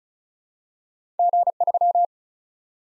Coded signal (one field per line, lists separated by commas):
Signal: Morse code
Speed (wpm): 36 wpm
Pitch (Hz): 700 Hz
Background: none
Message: G3